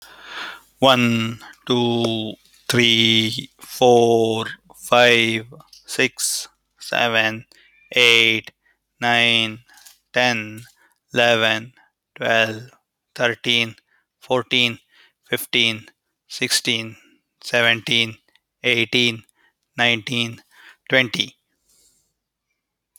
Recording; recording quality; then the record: counting at a normal pace; excellent, no background noise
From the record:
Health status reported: healthy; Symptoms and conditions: none ticked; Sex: male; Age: 41 years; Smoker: not ticked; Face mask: not worn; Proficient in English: yes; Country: India